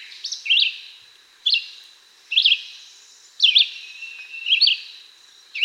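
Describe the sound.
Red-eyed Vireo song: quick whistled phrases with sharp up-down slurs, repeated roughly once a second, over faint steady hiss.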